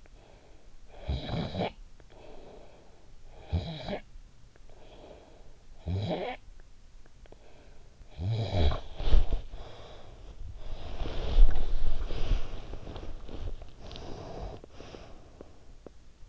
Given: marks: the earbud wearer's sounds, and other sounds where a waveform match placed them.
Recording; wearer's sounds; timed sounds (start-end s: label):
sounds in sleep by an in-ear microphone; snoring breath, breath, body movement
0.85-3.10 s: snoring breath
3.28-10.47 s: snoring breath
10.73-12.88 s: breath
10.73-15.61 s: body movement
13.65-15.96 s: breath